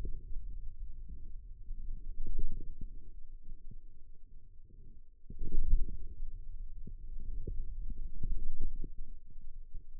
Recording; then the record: forearm muscle sounds (acoustic myography)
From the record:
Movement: wrist extension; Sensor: system 2, bracelet of six BSWA MPA416 microphones around the upper forearm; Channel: 2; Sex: male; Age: 22 years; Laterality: right